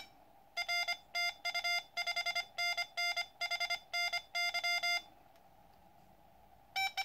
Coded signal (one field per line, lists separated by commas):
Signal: Morse code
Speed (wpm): 24 wpm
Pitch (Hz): 2100 Hz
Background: none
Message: R TU 5NN HNY